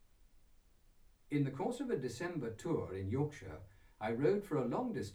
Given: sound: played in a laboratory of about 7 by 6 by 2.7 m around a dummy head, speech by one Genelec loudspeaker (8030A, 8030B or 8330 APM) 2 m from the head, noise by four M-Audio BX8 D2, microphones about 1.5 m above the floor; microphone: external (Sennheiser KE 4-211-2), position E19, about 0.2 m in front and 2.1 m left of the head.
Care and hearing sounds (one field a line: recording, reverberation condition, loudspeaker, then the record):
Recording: male speech in English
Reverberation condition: low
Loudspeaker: 120 degrees to the right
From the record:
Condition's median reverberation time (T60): about 310 ms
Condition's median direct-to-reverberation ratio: about 3.5 dB